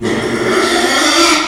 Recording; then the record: squeal of a Yucatan mini pig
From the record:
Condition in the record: after surgery on the right vocal fold (resection and tissue-engineered implant); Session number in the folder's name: 2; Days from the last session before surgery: 13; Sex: male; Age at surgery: 12 weeks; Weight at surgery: 13 kg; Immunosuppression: cyclosporine, prednisolone